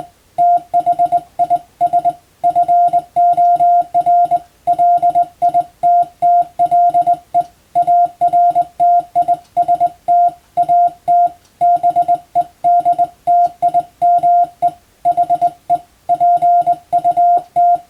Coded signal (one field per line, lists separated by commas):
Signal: Morse code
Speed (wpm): 22 wpm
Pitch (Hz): 700 Hz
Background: none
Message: THIS FOR LITTLE ARTIST AT BEDTIME HE PUT